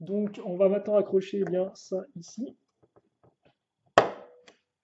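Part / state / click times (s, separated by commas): plastic building element clipped onto the vehicle model / seated / 4.0 s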